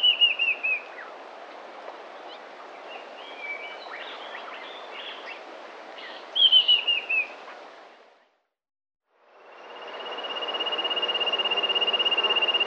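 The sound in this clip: Little bronze cuckoo giving two high, falling pulsed trills, with soft chirps between, then a brief silence and a steady high tone.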